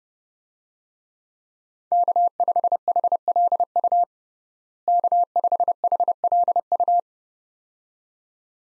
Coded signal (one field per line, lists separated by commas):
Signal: Morse code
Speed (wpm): 30 wpm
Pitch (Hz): 700 Hz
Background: none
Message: K5HLU K5HLU